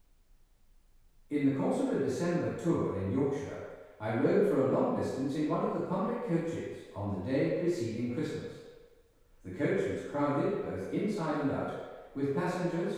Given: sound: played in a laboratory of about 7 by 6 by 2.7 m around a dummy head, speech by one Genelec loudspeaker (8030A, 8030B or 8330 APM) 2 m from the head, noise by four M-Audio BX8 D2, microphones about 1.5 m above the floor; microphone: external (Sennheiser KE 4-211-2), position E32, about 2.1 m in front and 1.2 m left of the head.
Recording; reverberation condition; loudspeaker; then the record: male speech in English; high; 90 degrees to the left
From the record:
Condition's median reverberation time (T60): about 1300 ms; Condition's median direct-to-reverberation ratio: about -4.0 dB